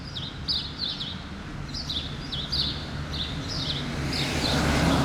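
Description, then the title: Sparrow chirps repeated rapidly, bright falling notes several per second, while a vehicle swells up loudly at the end. Several sparrows on Rue Keyenveld, Ixelles, Brussels, Belgium, an urban street with passing cars; recorded with Lom Usi Pro microphones into a Zoom F6. "Rue Keyenveld, Ixelles, Bruxelles-Capitale, Belgique - Sparrows - moineaux"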